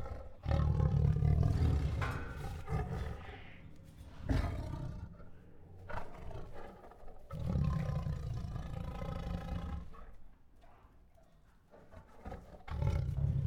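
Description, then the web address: Tiger vocalising in deep, rumbling growls and drawn-out moans, several loud bursts separated by quieter pauses, ending with another heavy growl. Restless tiger growling, huffing, moaning and roaring. "Sound Ideas Tigers"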